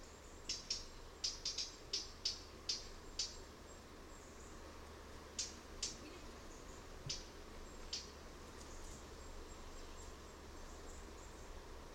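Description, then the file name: Eurasian blackcap giving hard, dry tack calls in quick clusters of clicks through the first seconds, then a few scattered ones, over a low steady hum. "Sylvia atricapilla"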